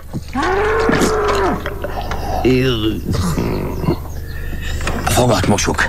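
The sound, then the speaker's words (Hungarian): A cow lets out one long, loud moo that swells and then tapers off, followed by people talking. “Fitymallatkor felébredtem, gondoltam megfejem addig a tehenüket.”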